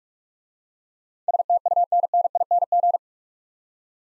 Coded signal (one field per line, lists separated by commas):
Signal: Morse code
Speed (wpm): 44 wpm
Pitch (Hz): 700 Hz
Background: none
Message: STUNNING